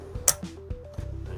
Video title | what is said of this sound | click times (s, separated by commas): EPISODE 21: BASIC CAR CARE | tighten it in to hear it click and it's | 0.3 s